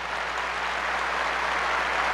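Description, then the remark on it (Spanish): A crowd claps steadily, a dense, even wash of applause that holds at the same loudness throughout, with no voices standing out. “Démosle un fuerte aplauso.”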